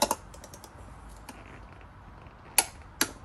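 A torque wrench set to 22 lb tightens a saddle-area bolt on a 2016 Segway X2 during a coupling replacement. A couple of faint ratcheting ticks are heard early, then sharp clicks at 2.6 s and 3.0 s signal that the bolt has reached 22 lb of torque, as the manual specifies.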